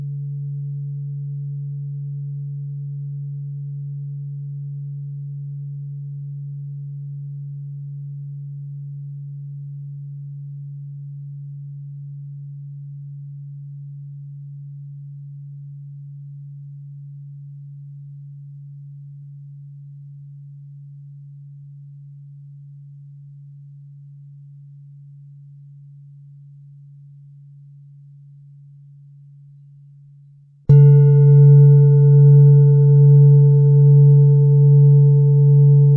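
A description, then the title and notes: A pure 141.27 Hz tone hums low and steady, slowly fading over about thirty seconds; a faint higher overtone dies away in the first ten. Near 31 seconds it is struck again, suddenly louder with brighter overtones and a gentle wavering pulse. 141.27 Hz.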